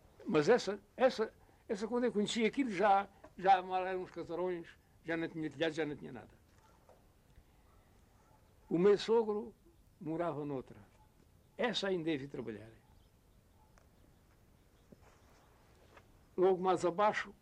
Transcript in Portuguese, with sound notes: Mas essa, essa essa quando eu conheci aquilo já já mal era uns casarões, já não tinha telhado, já não tinha nada. [pausa] O meu sogro morava noutra. Essa, ainda eu vi trabalhar. [pausa] Logo mais abaixo